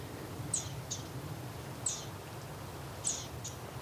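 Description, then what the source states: Garden dormouse repeating several high, squeaky whistles with hissing tails, some followed by a fainter note, over a low hum. Wild garden dormouse calling at night in a bush in a garden in Wiesbaden, Germany, lit by a torch, moving through the shrubbery; nocturnal.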